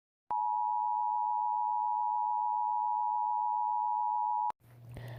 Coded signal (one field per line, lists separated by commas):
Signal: Emergency Alert System (SAME) tones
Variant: 853 and 960 Hz attention tone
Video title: Jesters catastrophe Eas Scenario inspired by trivia murder party and the Ellie show